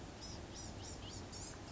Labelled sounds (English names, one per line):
Blue-gray Gnatcatcher